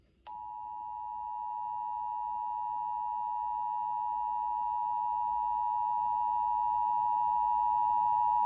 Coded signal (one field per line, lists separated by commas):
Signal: Emergency Alert System (SAME) tones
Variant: 853 and 960 Hz attention tone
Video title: (READ DESCRIPTION) EAS 2216: WHKO-FM Flash Flood Warning